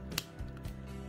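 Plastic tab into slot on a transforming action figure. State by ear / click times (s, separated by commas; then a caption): seated / 0.2 s. A plastic tab on a Transformers SS107 Rise of the Beasts Deluxe Class Scorponok figure is pressed into its matching slot during transformation, with a brief rustle of handling just before. A sharp plastic click at 0.2 s shows the tab snapping and seating in the slot, followed by a faint tick near 0.6 s over a steady low background hum.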